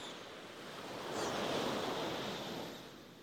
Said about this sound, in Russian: Внизу, метрах 15, плескалось море.